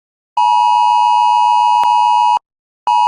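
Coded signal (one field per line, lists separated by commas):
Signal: Emergency Alert System (SAME) tones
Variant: 853 and 960 Hz attention tone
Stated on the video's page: IPAWS wireless emergency alert for a local area emergency, from an archive.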